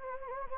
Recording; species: mosquito wingbeat signal from an infrared sensor; Anopheles gambiae